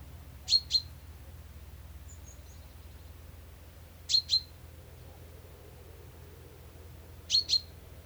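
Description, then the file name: Common chaffinch calls: doubled metallic 'pink-pink' notes, three pairs in all, spaced a few seconds apart. "Fringilla coelebs"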